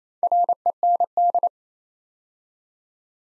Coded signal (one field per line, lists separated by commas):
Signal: Morse code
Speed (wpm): 28 wpm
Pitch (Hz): 700 Hz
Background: none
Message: REND